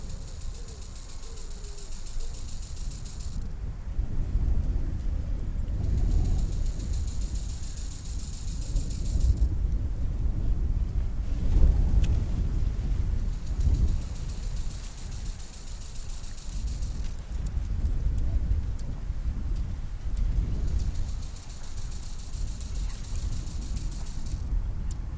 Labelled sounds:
Common Green Grasshopper (Omocestus viridulus) stridulation
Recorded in the wild
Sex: male
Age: imago
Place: Kloster, Insel Hiddensee, Mecklenburg-Vorpommern, DE
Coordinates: 54.5911, 13.1075
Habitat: meadow
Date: 2008-09-09 14:45
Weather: bedeckt, 20°C, schwacher Wind
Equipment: Sound Devices 702, Sennheiser MKH 70, Windkorb
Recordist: Frommolt, Karl-Heinz
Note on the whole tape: Dornbuschhang: Gesang und Schenkelschleudern einer männlichen Kurzfühlerheuschrecke. Artbestimmung nur auf Grundlage des Gesanges. Entfernung 20 cm. Tier sitzt 3 cm von Weibchen entfernt. Zunächst unvollständige Strophe, dann Schleudern der Hinterschenkel, anhaltender Gesang und Annäherung an Weibchen

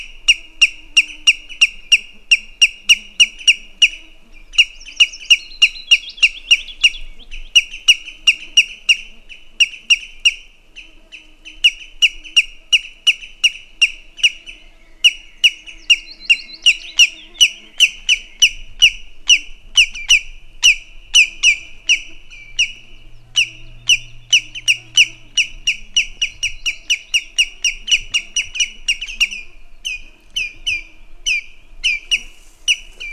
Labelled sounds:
Common Greenshank (Tringa nebularia) call
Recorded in the wild
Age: adult
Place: Halbinsel Kindo, Karelien, RU
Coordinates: 66.5472, 33.0414
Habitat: upland moor
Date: 1994-06-23 18:02
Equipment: Sony TCD-D3, Sennheiser ME 80, K 30 AV (I), Windschutz
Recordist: Frommolt, Karl-Heinz

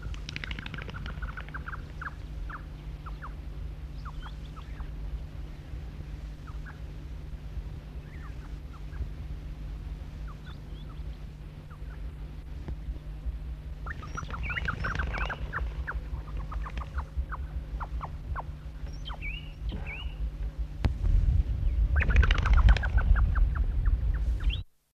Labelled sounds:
Burchell's Sandgrouse (Pterocles burchelli) call
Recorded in the wild
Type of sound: call
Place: Mbela
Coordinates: -23.7333, -17.9
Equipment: Halbspur, 9,5 cm/s
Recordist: Lütgens, Hans
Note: Rufe

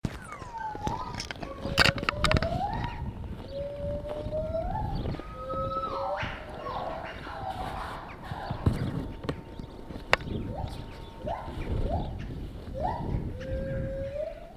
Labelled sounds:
Lar Gibbon (Hylobates lar)
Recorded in captivity
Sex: female
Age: adult
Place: Tierpark Berlin, Berlin, DE
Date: 1968-01-13
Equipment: R 20/1, Sennheiser MD 421
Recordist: Tembrock, Günter

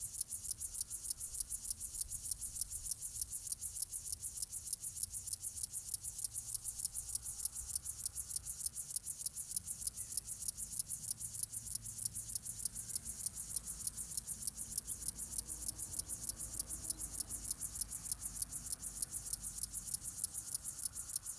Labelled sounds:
Upland Field Grasshopper (Chorthippus apricarius) stridulation
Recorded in the wild
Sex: male
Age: adult
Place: Bernau bei Berlin, Barnim, Brandenburg, DE
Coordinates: 52.6615, 13.6402
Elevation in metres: 90
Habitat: orchard meadow
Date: 2023-08-12 17:29
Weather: 25°C, no wind
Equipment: Smartphone Huwai P20 Lite, Batcorder app
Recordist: Frommolt, Karl-Heinz
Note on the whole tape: OT Börnicke: Meadow orchard: stridulation of a male close to female (1 cm). Distance 20 cm. Another male is approaching

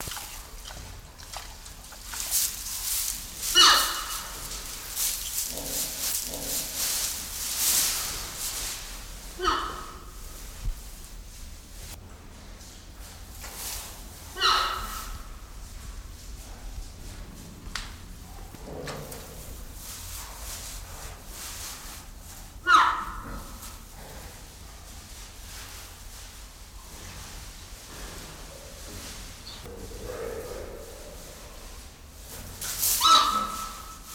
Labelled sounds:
Red River Hog (Potamochoerus porcus)
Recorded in captivity
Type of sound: scream, sound while feeding, munching
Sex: diverse
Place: Zoo Berlin, Berlin, DE
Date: 1996-02-24 12:46
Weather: heiter, -6°C
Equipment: Sony WM-D6C, Sennheiser ME 80, Kopie Uher 4000 Report Monitor
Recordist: Tembrock, Günter
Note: Weibchen und Männchen getrennt, Männchen Kurzlaute, Weibchen Kurzlaute und Grunzen

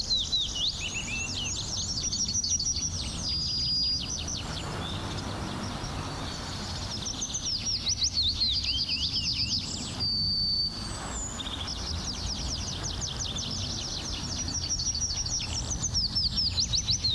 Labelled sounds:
Yellowhammer (Emberiza citrinella)
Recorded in the wild
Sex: male
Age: adult
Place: Berlin Blankenfelde, Berlin, DE
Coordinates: 52.626, 13.392
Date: 1993-04-20 11:00
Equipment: Sony WM-D6C, Sennheiser ME 80, K 30 AV, Kopie Tascam 22-2
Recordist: Quaisser, Christiane
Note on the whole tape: 2 singende Tiere (oder 1 sehr variables). Schildow, Schwarzwasserteich

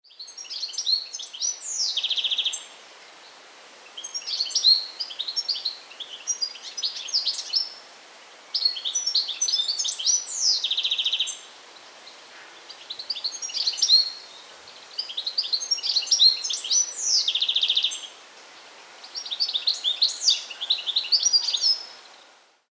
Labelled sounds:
European Goldfinch (Carduelis carduelis)
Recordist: Tembrock, Günter
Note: Gesang

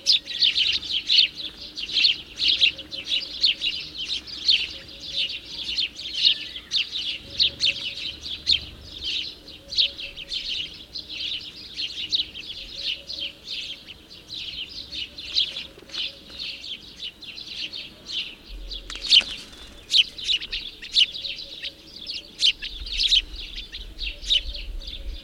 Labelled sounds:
House Sparrow (Passer domesticus) song
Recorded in the wild
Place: Babadag, Dobrogea, RO
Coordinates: 44.891, 28.717
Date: 1976-05-30 11:15
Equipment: Nagra III BH, Sennheiser MD 21, parabola
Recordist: Schubert, Michael

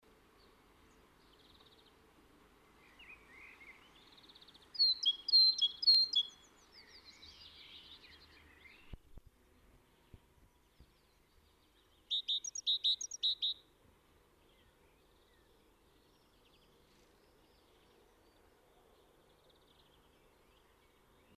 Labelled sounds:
Great Tit (Parus major) song, Common Blackbird (Turdus merula), European Greenfinch (Chloris chloris)
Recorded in the wild
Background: Turdus merula, Chloris chloris
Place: Kaiserslautern, Rheinland-Pfalz, DE
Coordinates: 49.4247, 7.77889
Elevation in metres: 279
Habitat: garden
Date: 1977-05-10
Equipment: Nagra IV, Sennheiser MKH 405, Parabolreflektor
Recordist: Tretzel, Erwin
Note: Garten, Kaiserslautern: Gesang "bize bize"

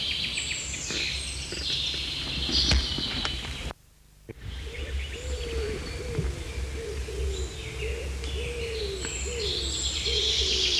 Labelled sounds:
Common Chaffinch (Fringilla coelebs) song
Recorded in the wild
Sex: male
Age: adult
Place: Lauterbach/Goor, Insel Rügen, Mecklenburg-Vorpommern, DE
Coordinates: 54.3428, 13.5133
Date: 1979-06-23 10:23
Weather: overcast, 18°C
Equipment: ITT Schaub-Lorenz Studio Recorder 72, Verstärker, MD 421 HL, Reflektor, Kopie Uher 4200 Report
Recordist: Tembrock, Günter

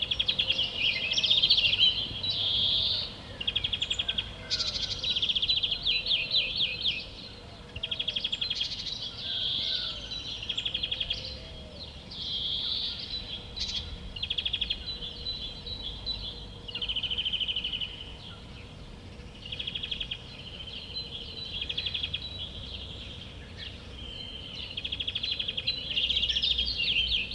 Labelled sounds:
European Greenfinch (Chloris chloris)
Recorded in the wild
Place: Villach, AT
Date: 1969-05-22
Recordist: Brunner, Thomas
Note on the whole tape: Nähe Bundesbahn Direktion: Gesang eines Grünfinks

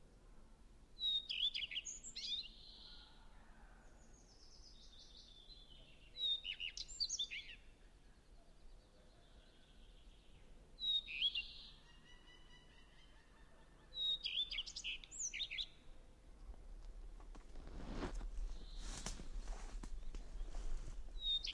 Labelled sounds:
Common Redstart (Phoenicurus phoenicurus) song
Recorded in the wild
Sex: male
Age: adult
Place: Halbinsel Kindo, Karelien, RU
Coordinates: 66.5361, 33.0567
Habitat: taiga
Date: 1998-06-18 12:51
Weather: 15°C, sunny
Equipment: Sony WM-D6C, Sennheiser ME 80, K 30 AV
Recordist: Frommolt, Karl-Heinz

